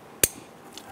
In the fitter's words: you can hear it and feel it snap into place and